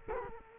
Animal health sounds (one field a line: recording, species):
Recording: mosquito wingbeat signal from an infrared sensor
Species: Culex quinquefasciatus